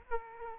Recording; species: mosquito wingbeat signal from an infrared sensor; Aedes aegypti